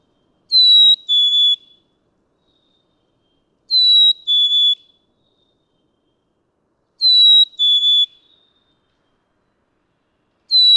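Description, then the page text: Black-capped Chickadee song: a clear two-note whistle stepping down in pitch, given three times at steady intervals of about three seconds on the same pitch, with a fourth starting at the end. Male singing on one pitch for many songs in a row; May 7, 2017, Atlanta, Michigan. "Pitch-shifting, retaining melody—black-capped chickadee. Males can sing on one pitch for many songs in a row. May 7, 2017. Atlanta, Michigan"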